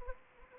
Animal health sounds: mosquito wingbeat signal from an infrared sensor; Anopheles arabiensis

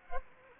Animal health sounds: mosquito wingbeat signal from an infrared sensor; Anopheles gambiae

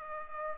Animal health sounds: mosquito wingbeat signal from an infrared sensor; Culex pipiens

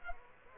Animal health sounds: mosquito wingbeat signal from an infrared sensor; Culex pipiens

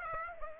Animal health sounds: mosquito wingbeat signal from an infrared sensor; Aedes aegypti

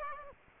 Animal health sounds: mosquito wingbeat signal from an infrared sensor; Aedes aegypti

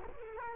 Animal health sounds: mosquito wingbeat signal from an infrared sensor; Culex quinquefasciatus

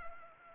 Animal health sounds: mosquito wingbeat signal from an infrared sensor; Anopheles arabiensis

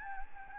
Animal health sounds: mosquito wingbeat signal from an infrared sensor; Anopheles gambiae

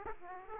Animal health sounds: mosquito wingbeat signal from an infrared sensor; Aedes aegypti

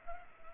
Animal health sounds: mosquito wingbeat signal from an infrared sensor; Culex pipiens

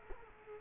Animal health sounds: mosquito wingbeat signal from an infrared sensor; Culex quinquefasciatus

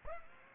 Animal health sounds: mosquito wingbeat signal from an infrared sensor; Aedes aegypti

